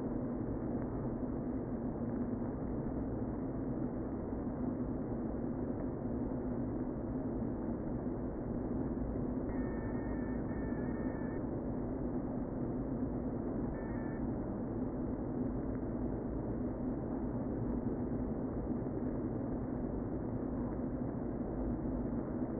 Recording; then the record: honeybee colony, microphone inside the hive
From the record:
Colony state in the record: queen present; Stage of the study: before two queens were removed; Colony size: about 60,000 bees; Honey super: yes